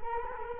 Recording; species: mosquito wingbeat signal from an infrared sensor; Culex quinquefasciatus